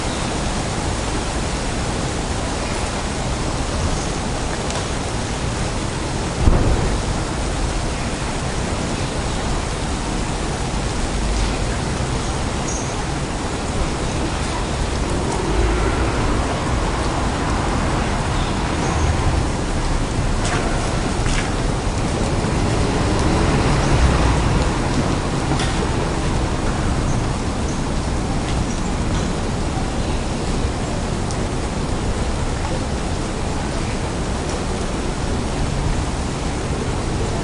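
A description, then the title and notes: Rain falls steadily on a rainy day in Amsterdam, a dense, even hiss that holds level for the whole stretch. Faint clicks and small knocks surface now and then, with a sharper thump near seven seconds and a low passing rumble around twenty-four. Rainy Day in Amsterdam. The sounds of the European street.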